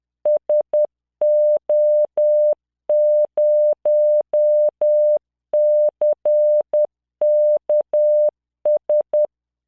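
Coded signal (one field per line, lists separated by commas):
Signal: Morse code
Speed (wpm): 10 wpm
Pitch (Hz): 600 Hz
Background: none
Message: SO0CKS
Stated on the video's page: Software-generated Morse practice of words with numbers and symbols at 10 wpm, 600 Hz tone, standard 3-dot spacing.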